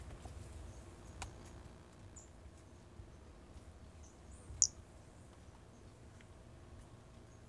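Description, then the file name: Brachycephalus albolineatus call: a single short, high, piercing note over steady low hiss, with faint clicks around it. Recorded 4 February 2016. "Brachycephalus albolineatus 160204"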